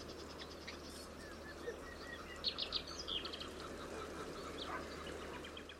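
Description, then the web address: Bird calls: a few brief high chirps clustered in the middle, with faint twittering and constant background hiss. "Bird Only"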